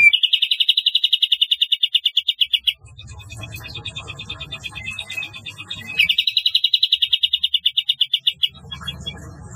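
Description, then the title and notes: Bulbul song: two fast pulsed trills, each a few seconds long, separated by softer chatter and low rumbling background noise. "Kicau Burung Kapas"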